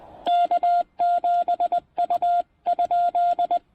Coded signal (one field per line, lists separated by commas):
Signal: Morse code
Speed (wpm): 20 wpm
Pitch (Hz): 700 Hz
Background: none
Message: K7U?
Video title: Importance of Quality Feedline and QRP POTA Activation at Tuttle Educational State Forest!